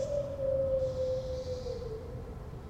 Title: Patio with howling dog (Corinthstraße Berlin, September 14th 2012)